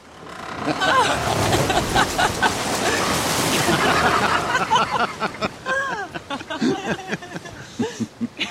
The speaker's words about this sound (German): Nun lenken die Flößer das aus rohen Baumstämmen gemachte Gefährt durch einige Stromschnellen, sodass die Gischt über das Floß spritzt.